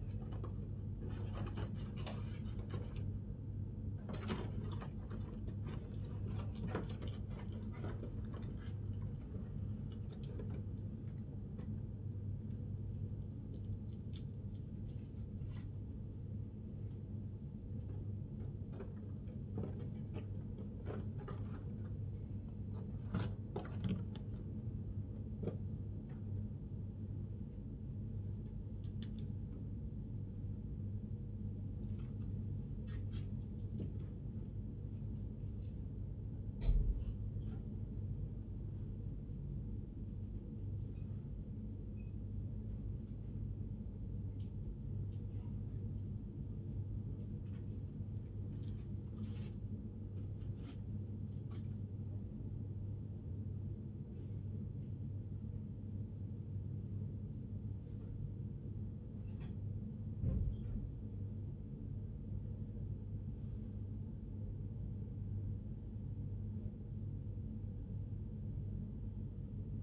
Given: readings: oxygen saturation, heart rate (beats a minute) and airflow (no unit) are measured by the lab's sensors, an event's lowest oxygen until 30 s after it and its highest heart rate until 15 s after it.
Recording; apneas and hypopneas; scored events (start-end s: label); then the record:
breathing in sleep by a smartphone at the bedside; none
none scored
From the record:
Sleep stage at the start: N1 (lightest sleep); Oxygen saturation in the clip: 94 to 95%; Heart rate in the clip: 57 to 72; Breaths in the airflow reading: 20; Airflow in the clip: -6.6 to 7.2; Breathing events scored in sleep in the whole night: 103 in 8.4 hours asleep